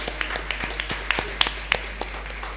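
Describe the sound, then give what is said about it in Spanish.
An audience applauds, a steady patter of many hands with sharper individual claps standing out at irregular moments, moderately loud and continuing without any voices. “Un aplauso a la gente de la radio que nos invitó.”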